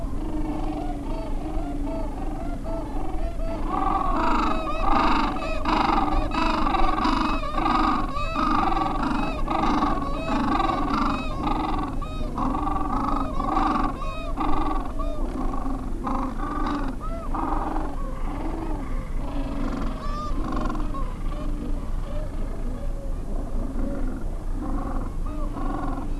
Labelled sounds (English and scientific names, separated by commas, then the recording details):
Gentoo Penguin (Pygoscelis papua)
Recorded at the colony at Yankee Harbour, Antarctica, on 7 December 2015
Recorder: Song Meter SM2+